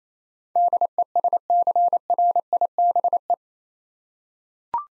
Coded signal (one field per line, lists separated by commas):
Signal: Morse code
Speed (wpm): 28 wpm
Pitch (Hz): 700 Hz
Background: none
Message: DESCRIBE